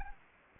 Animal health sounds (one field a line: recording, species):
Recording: mosquito wingbeat signal from an infrared sensor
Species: Anopheles gambiae